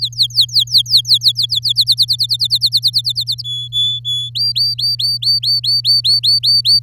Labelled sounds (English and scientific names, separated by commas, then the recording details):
Domestic Canary (Serinus canaria) song
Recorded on 11 May 2018 at 10:12
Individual llb16